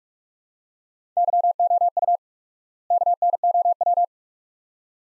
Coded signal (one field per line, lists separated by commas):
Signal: Morse code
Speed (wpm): 41 wpm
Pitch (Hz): 700 Hz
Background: none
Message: YOU KNOW